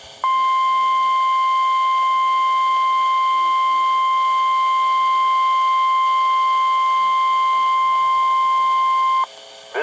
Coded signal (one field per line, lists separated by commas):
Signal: Emergency Alert System (SAME) tones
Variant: 1050 Hz attention tone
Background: speech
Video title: WXL52 Weekly Test (10/13/21)(EAS 954)